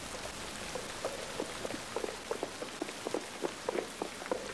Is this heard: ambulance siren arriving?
no